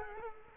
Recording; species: mosquito wingbeat signal from an infrared sensor; Culex quinquefasciatus